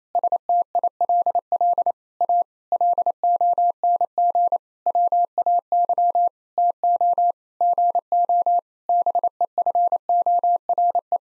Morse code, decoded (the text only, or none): STILL A LONG WAY TO GO BEFORE